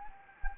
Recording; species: mosquito wingbeat signal from an infrared sensor; Anopheles gambiae